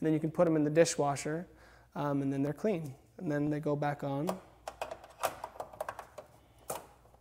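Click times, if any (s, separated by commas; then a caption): 6.7 s. Someone talks, then a metal honeycomb baffle filter is pushed back up into the underside of a PLFI 544 island-mounted range hood canopy, making several short metal taps. The last tap, at 6.7 s, is the filter clicking into place, and it is seated.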